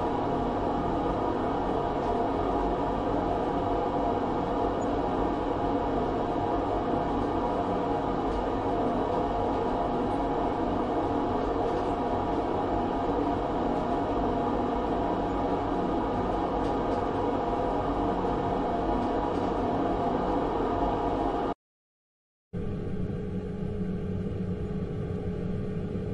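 A fan runs with a steady, dense whir, a low hum and rumble underneath and a fainter hiss above. About 21 seconds in the sound cuts out completely for roughly a second, then returns slightly duller and quieter up top.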